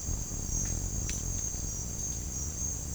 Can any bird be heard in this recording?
no